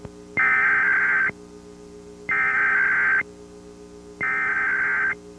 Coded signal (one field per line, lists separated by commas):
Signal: Emergency Alert System (SAME) tones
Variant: header bursts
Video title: PBS Kids Program Break (2000 IPTV) #3 Incomplete With EAS Required Weekly Test